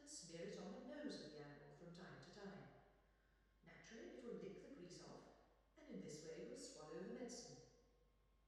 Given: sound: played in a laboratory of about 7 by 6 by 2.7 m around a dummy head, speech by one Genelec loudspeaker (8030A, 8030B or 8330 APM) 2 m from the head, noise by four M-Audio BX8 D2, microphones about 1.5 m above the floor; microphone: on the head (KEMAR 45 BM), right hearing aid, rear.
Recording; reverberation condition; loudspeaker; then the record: female speech in English; high; 120 degrees to the left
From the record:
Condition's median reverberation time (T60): about 1300 ms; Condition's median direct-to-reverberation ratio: about -4.0 dB